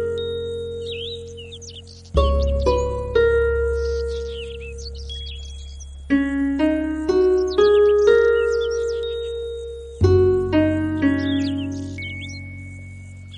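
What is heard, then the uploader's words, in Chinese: Calm bird calls chirp lightly and steadily in the high range throughout. A slow, ringing melody of struck notes enters at about two, six and ten seconds, each group of notes fading gradually, with a low steady hum beneath. 平靜的鳥叫。小鳥清脆的叫聲陪著你冥想。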